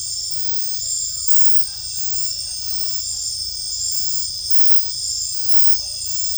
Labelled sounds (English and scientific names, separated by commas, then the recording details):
none
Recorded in secondary vegetation near Puerto Asís, Putumayo, Colombia, on 18 December 2024 at 22:00
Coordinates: 0.499, -76.323
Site G010